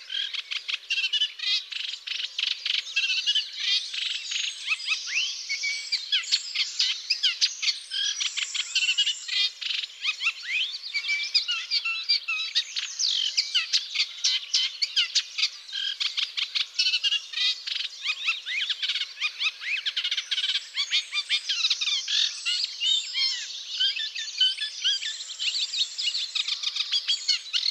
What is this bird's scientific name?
Acrocephalus scirpaceus